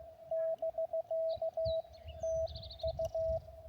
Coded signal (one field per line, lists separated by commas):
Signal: Morse code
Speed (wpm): 15 wpm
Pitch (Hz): 650 Hz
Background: radio noise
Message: <BK> TU